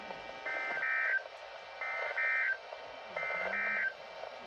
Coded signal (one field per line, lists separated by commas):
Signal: Emergency Alert System (SAME) tones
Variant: end-of-message bursts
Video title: Severe Thunderstorm Warnings (EAS #1375-1376)